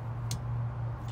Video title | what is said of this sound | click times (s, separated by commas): How to Collapse Malibu Tower 2018 & Newer | we're going to make sure the tower is aligned correctly and we're going to pull down on the lock until you're a click | 0.3 s